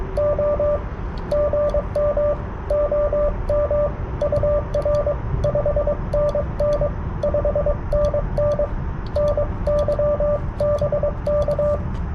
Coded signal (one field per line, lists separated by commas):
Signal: Morse code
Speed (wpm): 22 wpm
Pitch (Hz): 590 Hz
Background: radio noise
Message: O GM OM UR 5NN 5NN NY BK